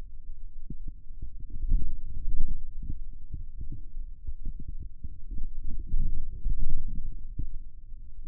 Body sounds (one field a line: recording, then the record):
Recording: forearm muscle sounds (acoustic myography)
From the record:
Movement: radial deviation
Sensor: system 2, bracelet of six BSWA MPA416 microphones around the upper forearm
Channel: 4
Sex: male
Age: 22 years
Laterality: right